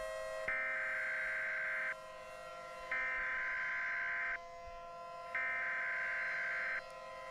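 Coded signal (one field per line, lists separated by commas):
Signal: Emergency Alert System (SAME) tones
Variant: header bursts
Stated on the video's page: EAS tones from an analog horror EAS scenario, fictional.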